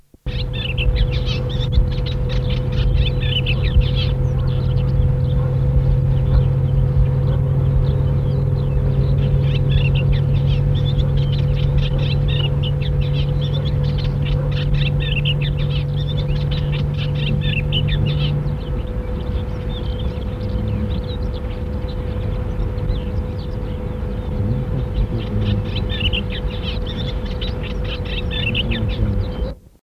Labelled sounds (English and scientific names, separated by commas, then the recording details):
Eastern Olivaceous Warbler (Iduna pallida) call
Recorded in the wild
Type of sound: call
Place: See Langadha, GR
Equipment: Halbspur, 9,5 cm/s
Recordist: Lütgens, Hans
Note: Rufe